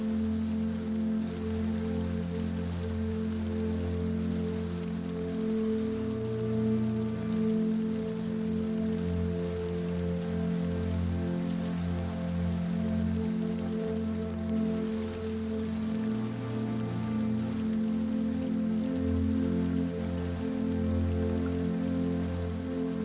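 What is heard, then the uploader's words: Steady rain patters throughout, a fine, even hiss of drops across the top. Beneath it, slow music carries sustained low tones and a deep bass line that shifts every few seconds, while the overall level stays constant for the whole stretch. Relaxing rain with music.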